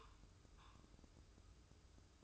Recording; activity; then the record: daily activity, microphone in the room; take from stove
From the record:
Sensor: 2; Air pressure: 995.3 hPa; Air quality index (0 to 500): 79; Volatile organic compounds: 3 ppm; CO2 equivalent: 1398 ppm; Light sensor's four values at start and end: 22/73/29/27 and 22/73/29/27